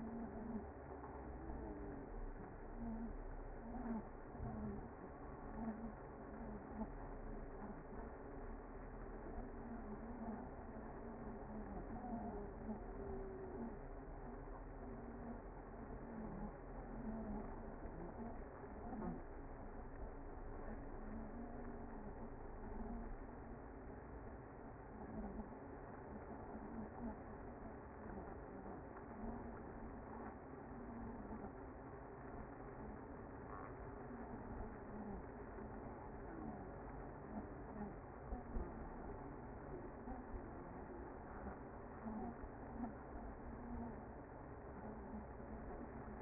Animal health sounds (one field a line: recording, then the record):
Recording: honeybee colony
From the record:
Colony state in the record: active